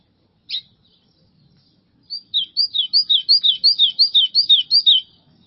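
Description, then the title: White-throated seedeater song, one isolated note, then a long even run of high whistled slurs. "Canto Do Golinha"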